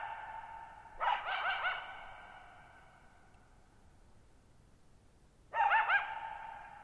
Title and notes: Lone Coyote at Thirtymile Meadows. night of July 14, 2019, camped near Thirtymile Meadows in the Okanogan National Forest at 6400 ft (1950 m)